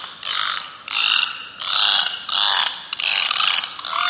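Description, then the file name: Beluga whale giving repeated harsh, pulsed squeals with wavering whistle-like tones, several bursts in a row. "zvuki belukhi"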